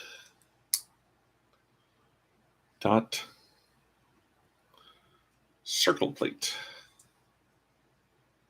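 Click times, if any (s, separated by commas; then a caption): none. A round plastic dot circle plate is handled over a LEGO Star Wars Death Star Trench Run 75329 brick model, with a sharp tap near 0.7 s and a few faint ticks while someone talks. Nothing has seated or clicked yet; the clip ends just before the plate goes home.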